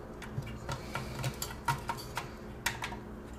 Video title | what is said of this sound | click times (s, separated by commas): Mr. Hatfield Builds a PC | and then even a firm push on both sides until they click done | 1.7 s, 2.7 s